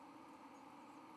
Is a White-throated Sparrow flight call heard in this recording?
no